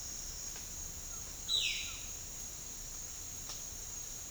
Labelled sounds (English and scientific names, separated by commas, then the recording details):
Violaceous Jay (Cyanocorax violaceus)
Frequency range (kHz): Violaceous Jay (Cyanocorax violaceus) 1.9-4.7 kHz
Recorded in dense forest near Puerto Asís, Putumayo, Colombia, on 13 March 2025 at 09:30
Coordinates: 0.484, -76.325
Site G045